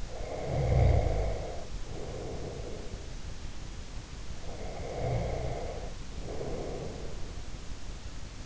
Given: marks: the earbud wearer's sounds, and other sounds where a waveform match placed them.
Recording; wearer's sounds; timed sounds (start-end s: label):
sounds in sleep by an in-ear microphone; snoring breath, breath
0.00-3.47 s: snoring breath
4.41-7.41 s: breath